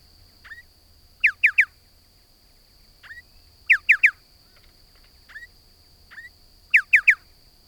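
Striated pardalote calls: a clear triple of bright, descending whistled notes given three times, with softer single upslurred notes between, over a steady high hum.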